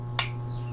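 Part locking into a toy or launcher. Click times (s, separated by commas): 0.2 s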